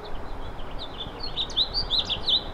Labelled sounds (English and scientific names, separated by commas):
House Finch (Haemorhous mexicanus) song